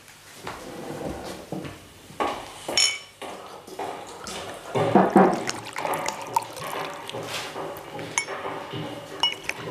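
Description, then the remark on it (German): Glasses clink and knock several times while whisky is poured, with a brief gurgling pour in the middle and scattered bright chinks of glass around it. No one speaks. “So, Kinder, hier ist Whisky. Bedient euch.”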